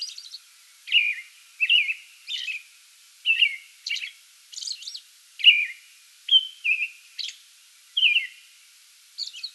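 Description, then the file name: American robin song of slurred whistled phrases mixed with higher thin notes, repeated with short pauses. Song bout recorded 8 May 2022. "2022-05-08 American Robin song bout"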